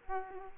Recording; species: mosquito wingbeat signal from an infrared sensor; Aedes aegypti